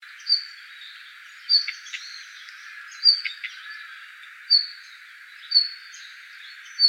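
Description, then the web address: Red-flanked bluetail calls, short high thin notes repeated every one to one and a half seconds, over a steady hiss of background noise. Recorded 26 December 2016. "birdenaga ruribitaki 161226"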